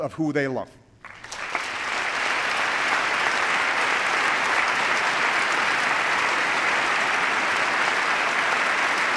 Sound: applause

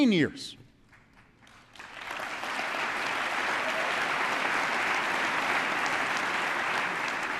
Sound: applause

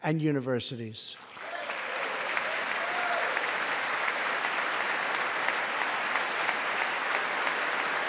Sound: applause

